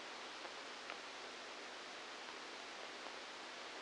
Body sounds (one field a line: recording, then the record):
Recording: brain microelectrode recording played as sound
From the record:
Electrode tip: outside the subthalamic nucleus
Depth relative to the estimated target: -8 mm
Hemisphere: left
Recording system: NeuroSet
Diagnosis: Parkinson's disease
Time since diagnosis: 15 years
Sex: female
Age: 59 years